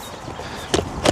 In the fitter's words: and it just locks into place.